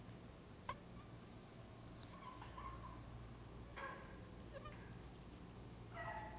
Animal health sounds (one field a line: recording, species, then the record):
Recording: mosquito flight sound by mobile phone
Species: Anopheles gambiae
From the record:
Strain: Kisumu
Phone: Google Nexus